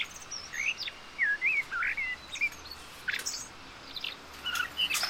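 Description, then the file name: Common blackbird singing a short run of fluty, warbled whistles that ends in sharp high twittering notes, over a steady hiss of background noise. "Turdus merula"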